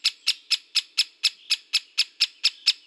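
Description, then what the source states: Great spotted woodpecker calling: a sharp, high kik note repeated thirteen times in a quick, steady rhythm, with no other sounds. Recorded in Slovenia.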